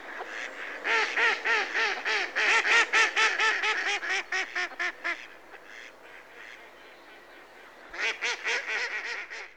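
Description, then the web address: Mallard giving harsh, nasal quacks in a run that fades over about five seconds, then a pause and a second burst of quacks near the end. Recorded at close range. "The BBC Sound Effects Library. Mallard (Anas Platyrhynchos)"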